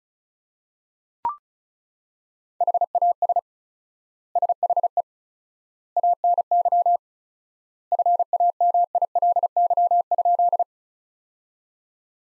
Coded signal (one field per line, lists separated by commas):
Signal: Morse code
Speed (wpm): 36 wpm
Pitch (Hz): 700 Hz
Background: none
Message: HAS SHE ANY FAMILY?